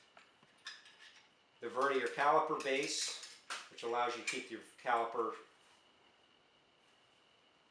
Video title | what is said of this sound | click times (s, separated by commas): 911 Sprocket Alignment with STOMSKI RACING'S SR008 Sprocket Alignment Tool | then snap into place the | 0.7 s